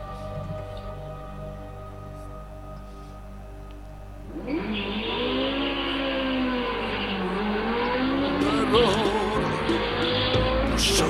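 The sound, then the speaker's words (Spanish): An electric car, one said to go from 0 to 100 in 4 seconds, races past: a steady low hum gives way to a loud rushing surge with a high motor whine that swoops up and down in pitch, holding strong to the end. “Este auto eléctrico, por ejemplo, somete hasta una Ferrari de carrera y cuesta la mitad.”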